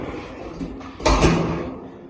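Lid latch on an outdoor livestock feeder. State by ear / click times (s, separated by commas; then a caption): not seated / none. The lid of a partly assembled Osborne Big Wheel 45-bushel outdoor pig feeder, with two parts still missing, is closed. Its latch comes down and the lid shuts with a loud knock at about 1.1 seconds, then the sound fades. The latch does not lock, and nothing has clicked or seated.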